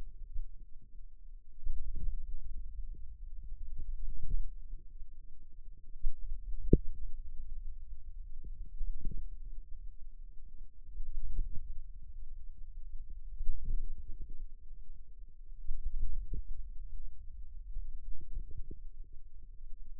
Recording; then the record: forearm muscle sounds (acoustic myography)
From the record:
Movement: hand closing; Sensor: system 2, bracelet of six BSWA MPA416 microphones around the upper forearm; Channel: 5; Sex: female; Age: 22 years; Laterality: right